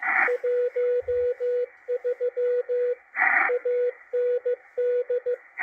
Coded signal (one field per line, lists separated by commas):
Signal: Morse code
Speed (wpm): 16 wpm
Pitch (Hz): 490 Hz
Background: radio noise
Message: 13 AND